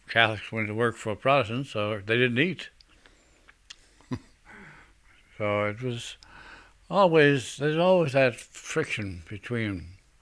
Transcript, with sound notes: Catholics went to work for Protestants or they didn't eat. ( he laughs ) So it was always, there's always that friction between.